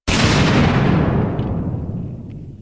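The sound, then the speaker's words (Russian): A single loud explosion, sending a column of fire into the sky, bursts in abruptly, then rolls on as a deep, heavy rumble that slowly fades over the next couple of seconds, with no voices. “Впереди грохнул взрыв. В небо поднялся столб огня.”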